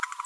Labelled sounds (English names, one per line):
Green-rumped Parrotlet babbling